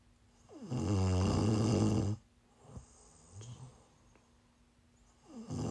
ASMR snoring.